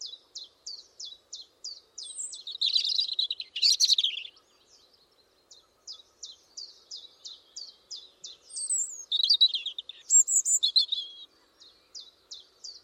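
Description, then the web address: European robin song, with rapid ticking notes repeated in runs between bursts of high, jangling and trilled phrases. "Deverinetal 2025 File origin Bird Only Er Ru"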